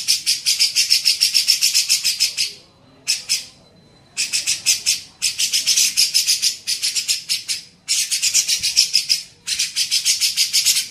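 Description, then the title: Grey-cheeked bulbul chattering in long bursts of rapid, rasping pulses, several seconds each, separated by brief pauses; a faint steady tone sits behind the calls. Masteran (training) recording for songbirds. "CUCAK JENGGOT"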